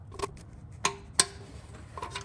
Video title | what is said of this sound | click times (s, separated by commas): 2012 - 2018 Rav 4 Oil Change - EASY DIY | I'm using 30 lb foot on there and I'm just going to tighten it until it clicks | 0.9 s, 1.2 s